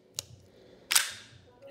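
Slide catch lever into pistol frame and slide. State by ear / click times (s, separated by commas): seated / 0.9 s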